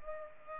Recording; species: mosquito wingbeat signal from an infrared sensor; Culex pipiens